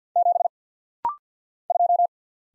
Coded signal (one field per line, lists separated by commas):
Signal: Morse code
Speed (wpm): 50 wpm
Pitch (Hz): 700 Hz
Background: none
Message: 7 2